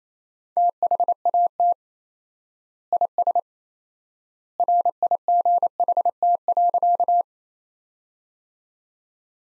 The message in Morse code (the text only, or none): THAT IS RIGHT.